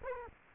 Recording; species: mosquito wingbeat signal from an infrared sensor; Culex quinquefasciatus